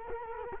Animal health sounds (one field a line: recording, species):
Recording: mosquito wingbeat signal from an infrared sensor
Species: Culex quinquefasciatus